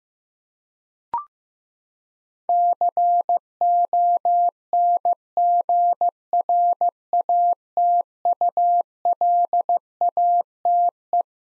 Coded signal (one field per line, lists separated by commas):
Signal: Morse code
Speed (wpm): 15 wpm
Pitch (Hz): 700 Hz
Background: none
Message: CONGRATULATE